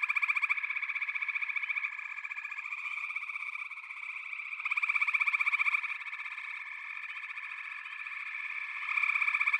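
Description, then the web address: Frogs in full chorus, steady high trilling broken several times by louder pulsed bursts that rise and fade. A chorus of frogs calling together. "Echoes of Nature - Frog Chorus"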